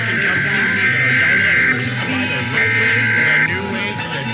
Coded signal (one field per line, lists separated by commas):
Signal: Emergency Alert System (SAME) tones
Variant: header bursts